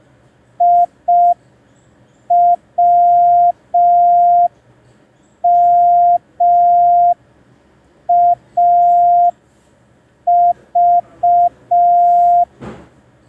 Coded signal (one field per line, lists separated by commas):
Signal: Morse code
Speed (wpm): 5 wpm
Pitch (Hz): 700 Hz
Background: none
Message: IWMAV